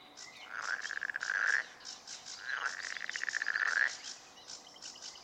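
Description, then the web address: Marsh frog croaking in two rapid, rattling bursts of pulses, each lasting about one to one and a half seconds. Recorded in Turku, Finland, on 31 May 2009 at 23:11. "hlehto. sammakko molysammakko turku 23 h 11 m 45 s 31 may 2009"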